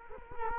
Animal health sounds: mosquito wingbeat signal from an infrared sensor; Culex quinquefasciatus

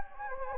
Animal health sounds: mosquito wingbeat signal from an infrared sensor; Anopheles gambiae

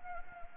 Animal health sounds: mosquito wingbeat signal from an infrared sensor; Anopheles gambiae

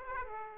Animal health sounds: mosquito wingbeat signal from an infrared sensor; Aedes aegypti

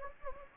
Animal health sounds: mosquito wingbeat signal from an infrared sensor; Anopheles gambiae

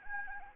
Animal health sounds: mosquito wingbeat signal from an infrared sensor; Anopheles gambiae

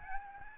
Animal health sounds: mosquito wingbeat signal from an infrared sensor; Aedes albopictus

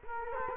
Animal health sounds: mosquito wingbeat signal from an infrared sensor; Culex quinquefasciatus

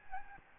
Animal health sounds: mosquito wingbeat signal from an infrared sensor; Aedes albopictus

